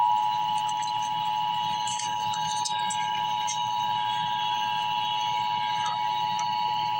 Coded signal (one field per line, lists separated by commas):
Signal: Emergency Alert System (SAME) tones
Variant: 853 and 960 Hz attention tone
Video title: Emergency Alert System - Special Weather Statement - Mar 17, 2026 at 10:48 AM EDT